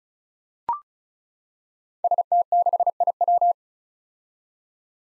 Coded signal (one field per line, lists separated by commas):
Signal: Morse code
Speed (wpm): 36 wpm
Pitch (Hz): 700 Hz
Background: none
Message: ST6IW